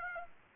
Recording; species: mosquito wingbeat signal from an infrared sensor; Aedes aegypti